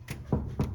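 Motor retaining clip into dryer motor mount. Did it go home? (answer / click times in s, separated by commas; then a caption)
no / none. A motor retaining clip, already hooked on one side, is pushed with a screwdriver toward the motor mount bracket of a Speed Queen commercial dryer motor. A brief bright tick at about 0.1 s is followed by two fuller scraping or pressing bursts around 0.3 s and 0.6 s over a low background hum. Nothing has seated or clicked yet.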